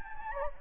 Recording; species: mosquito wingbeat signal from an infrared sensor; Anopheles gambiae